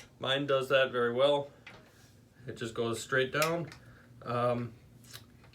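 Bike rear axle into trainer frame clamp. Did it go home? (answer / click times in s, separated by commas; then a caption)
yes / 5.2 s. Someone talks while the rear axle of a bike is lowered straight down into the metal frame clamp of a bike trainer. At 5.2 s the clamp gives a short, sharp knock as it locks into place, and the axle is seated.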